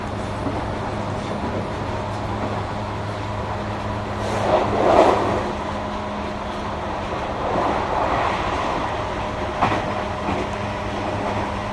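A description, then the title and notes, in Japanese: Inside a commuter train running toward the city, a steady low rumble and hum, with brief louder rattles near five and ten seconds. JR221系 奈良→JR難波。関西本線（大和路線）で録音をしました。車体は普通鋼製である。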